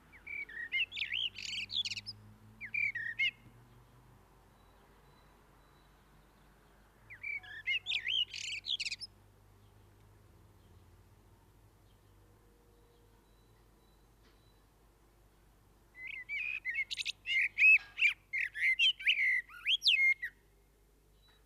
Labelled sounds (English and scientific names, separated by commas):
Common Blackbird (Turdus merula) song